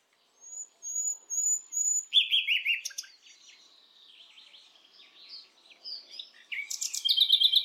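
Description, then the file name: Common nightingale song: high thin whistles, then loud harsh churring phrases, a quieter varied twittering passage, and a final burst of sharp, rich notes. "Luscinia megarhynchos"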